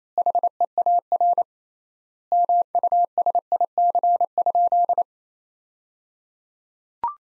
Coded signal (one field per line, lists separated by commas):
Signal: Morse code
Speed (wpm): 28 wpm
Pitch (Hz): 700 Hz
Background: none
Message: HEAR MUSIC?